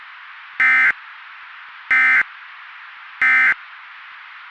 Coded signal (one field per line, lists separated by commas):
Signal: Emergency Alert System (SAME) tones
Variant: end-of-message bursts